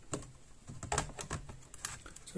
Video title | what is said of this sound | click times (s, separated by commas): Dell Latitude E6320: how to take the battery out | it goes slightly down and then it just clicks into place | 1.9 s